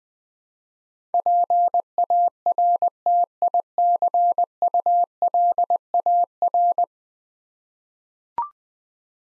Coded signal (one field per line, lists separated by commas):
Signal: Morse code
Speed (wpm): 20 wpm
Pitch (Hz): 700 Hz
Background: none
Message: PARTICULAR